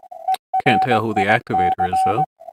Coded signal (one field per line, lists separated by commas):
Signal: Morse code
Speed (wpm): 18 wpm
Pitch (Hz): 750 Hz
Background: speech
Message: ERIC